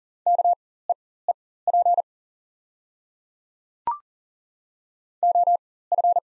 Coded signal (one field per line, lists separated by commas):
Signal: Morse code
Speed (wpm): 40 wpm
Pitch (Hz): 700 Hz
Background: none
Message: KEEP OF